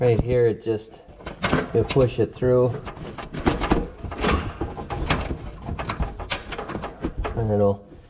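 Someone talks while pushing the blade-engagement cable end through its mounting bracket on a Cub Cadet LTX 1042 KW riding mower whose blades are not engaging. A few short, sharp handling knocks are heard between about 3.5 and 6.3 seconds. Nothing has seated or clicked into the bracket yet.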